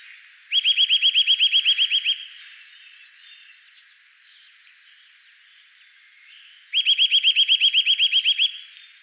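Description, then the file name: Eurasian nuthatch giving two fast trills of many rapid notes, separated by a pause. "Sitta europaea"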